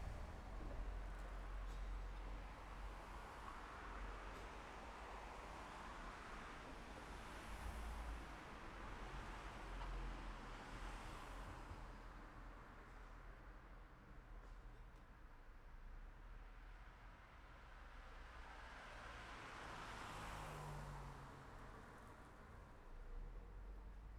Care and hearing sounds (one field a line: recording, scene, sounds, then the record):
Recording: everyday scene through a hearing-aid microphone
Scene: in traffic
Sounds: traffic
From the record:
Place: city secondary road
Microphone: behind the ear, left, front